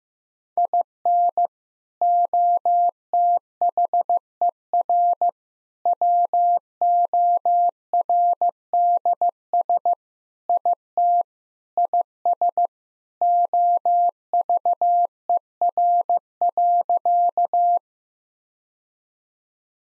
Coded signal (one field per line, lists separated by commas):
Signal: Morse code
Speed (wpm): 15 wpm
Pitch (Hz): 700 Hz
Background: none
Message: IN OTHER WORDS IT IS OVER.